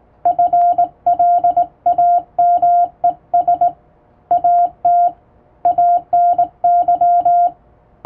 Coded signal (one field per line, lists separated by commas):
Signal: Morse code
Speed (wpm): 20 wpm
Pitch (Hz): 700 Hz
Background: none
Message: FLAMES AT ANY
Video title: 【Radio operator morse code training】This is Morse code practice video. There is morse exam in japan.